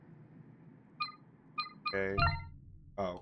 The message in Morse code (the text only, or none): none